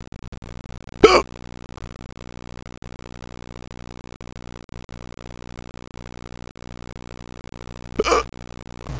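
Three sudden, sharp gulping bursts several seconds apart over a steady background hum: repeated, pretty bad hiccups in an adult.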